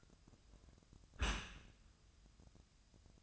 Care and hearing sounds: daily activity, microphone in the room; close dishwasher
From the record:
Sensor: 2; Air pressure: 1004.5 hPa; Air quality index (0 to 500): 113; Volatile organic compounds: 3 ppm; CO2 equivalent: 1368 ppm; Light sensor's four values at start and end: 6/15/6/6 and 6/15/6/6

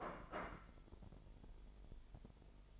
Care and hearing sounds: daily activity, microphone in the room; place plate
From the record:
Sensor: 5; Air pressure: 1002.1 hPa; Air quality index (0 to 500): 223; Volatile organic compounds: 27 ppm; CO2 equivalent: 2893 ppm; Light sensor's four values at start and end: 10/25/10/11 and 10/25/10/11

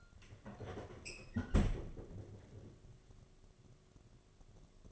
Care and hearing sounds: daily activity, microphone in the room; close fridge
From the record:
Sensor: 4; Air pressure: 1005.4 hPa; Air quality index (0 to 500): 174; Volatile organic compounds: 5 ppm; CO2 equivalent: 1708 ppm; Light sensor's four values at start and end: 5/11/4/4 and 6/13/5/4

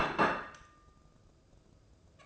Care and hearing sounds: daily activity, microphone in the room; place plate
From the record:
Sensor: 2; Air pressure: 995.1 hPa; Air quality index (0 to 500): 62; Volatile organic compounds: 2 ppm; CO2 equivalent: 1041 ppm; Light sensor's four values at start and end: 13/43/17/16 and 13/43/17/16

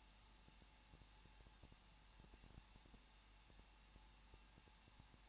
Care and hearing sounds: daily activity, microphone in the room; no activity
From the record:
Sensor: 1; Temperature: 20.1 degrees Celsius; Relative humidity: 39.1%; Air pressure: 1006.5 hPa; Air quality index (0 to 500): 216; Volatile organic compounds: 72 ppm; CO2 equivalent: 3541 ppm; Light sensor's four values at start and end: 1/2/1/1 and 1/2/1/1

